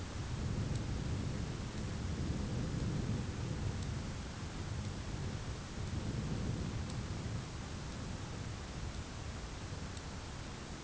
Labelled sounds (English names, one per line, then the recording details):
none
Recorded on Arctic tundra, site ZACK-1, on 11 June 2019
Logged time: 01:49